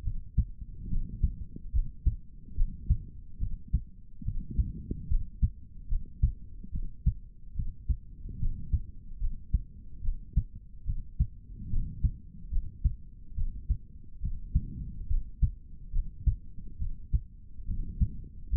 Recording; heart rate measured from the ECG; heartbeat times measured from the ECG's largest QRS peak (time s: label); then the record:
heart sounds by stethoscope; 71 bpm
0.03 s: heartbeat
0.88 s: heartbeat
1.72 s: heartbeat
2.55 s: heartbeat
3.38 s: heartbeat
4.23 s: heartbeat
5.08 s: heartbeat
5.88 s: heartbeat
6.71 s: heartbeat
7.54 s: heartbeat
8.38 s: heartbeat
9.20 s: heartbeat
10.01 s: heartbeat
10.85 s: heartbeat
11.69 s: heartbeat
12.50 s: heartbeat
13.34 s: heartbeat
14.20 s: heartbeat
15.07 s: heartbeat
15.92 s: heartbeat
16.78 s: heartbeat
17.65 s: heartbeat
18.50 s: heartbeat
From the record:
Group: healthy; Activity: rest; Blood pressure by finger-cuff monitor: 110/71 mmHg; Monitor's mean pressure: 84 mmHg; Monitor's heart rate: 72 bpm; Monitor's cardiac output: 3.8 L/min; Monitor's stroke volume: 53 mL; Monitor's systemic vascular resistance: 1620 dyn s/cm5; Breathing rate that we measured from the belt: 18 breaths a minute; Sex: male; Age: 55 years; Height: 167 cm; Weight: 57.2 kg